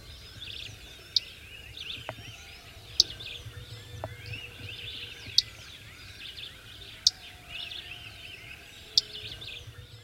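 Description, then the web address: Fork-tailed flycatcher giving sharp, high ticking notes about every two seconds over a dense, steady background chorus. Recorded in the eastern lowlands of South America. "Natures Songs S America Eastern Lowlands. Fork-tailed Flycatcher"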